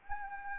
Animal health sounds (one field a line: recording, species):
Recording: mosquito wingbeat signal from an infrared sensor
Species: Anopheles arabiensis